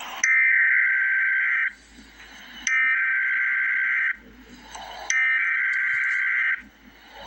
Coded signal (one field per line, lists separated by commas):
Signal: Emergency Alert System (SAME) tones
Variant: header bursts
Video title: Emergency Alert System - Heat Advisory - Jun 21, 2025 at 2:23 AM EDT